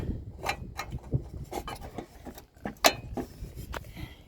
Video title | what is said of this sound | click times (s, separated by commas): H6054 SYLVANIA HEAFLIGHT INSTALL WITH ADJUSTERS | get it snapped into place now our top one | 1.7 s, 2.9 s